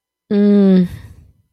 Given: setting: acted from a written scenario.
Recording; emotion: vocal sound without words; guilt